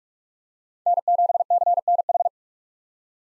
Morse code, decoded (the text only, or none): N7CNH